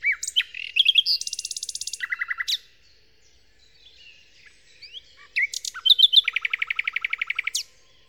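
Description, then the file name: Common nightingale song with rapid repeated note series and high trills, broken by a quiet gap before another long fast rattle of notes. Song, Kent, 2008. "nightingale-song-recorded-in-kent-2008-by-phil-riddett"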